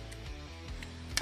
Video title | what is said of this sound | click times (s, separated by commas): TRANSFORMERS LEGACY EVOLUTION VOYAGER CLASS METALHAWK | and that will just sort of lock into place | 1.2 s